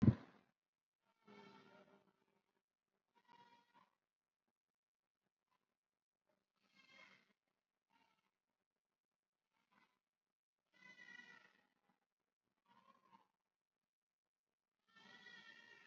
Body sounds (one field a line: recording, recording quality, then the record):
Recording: sustained vowel as in beet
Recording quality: poor, much background noise or distortion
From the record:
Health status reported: COVID-19 positive, mild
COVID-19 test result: positive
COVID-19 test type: RT-PCR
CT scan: not taken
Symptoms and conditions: none ticked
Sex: female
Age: 25 years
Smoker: no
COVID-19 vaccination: none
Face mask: not worn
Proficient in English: yes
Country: India